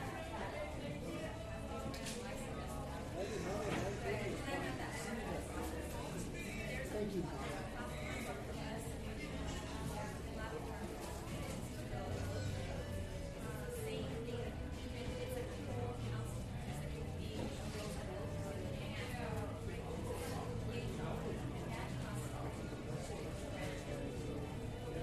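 Coffee shop chatter fills the whole stretch, a steady blend of overlapping voices with no single speaker standing out for long. A low rumble runs underneath throughout, and small clinks and taps pop up now and then over the murmur.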